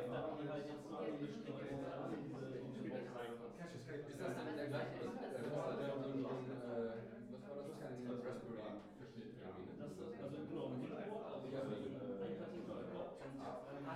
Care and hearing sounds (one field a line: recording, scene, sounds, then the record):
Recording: everyday scene through a hearing-aid microphone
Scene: many people talking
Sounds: many voices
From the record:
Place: bistro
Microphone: behind the ear, right, front